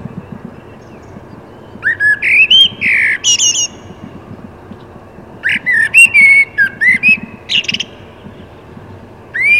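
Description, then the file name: Common blackbird singing: two rich, rising fluted phrases with scratchy high twitter endings, separated by a few seconds of quiet, then the start of another phrase. "Turdus merula"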